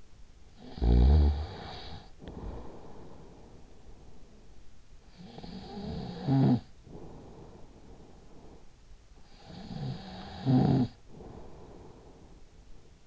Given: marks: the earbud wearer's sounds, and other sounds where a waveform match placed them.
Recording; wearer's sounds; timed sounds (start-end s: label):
sounds in sleep by an in-ear microphone; snoring breath
0.04-8.67 s: snoring breath
8.87-13.04 s: snoring breath